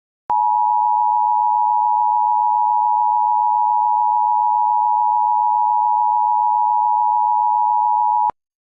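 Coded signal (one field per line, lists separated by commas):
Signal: Emergency Alert System (SAME) tones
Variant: 853 and 960 Hz attention tone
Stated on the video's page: Fictional EAS scenario containing valid SAME tones.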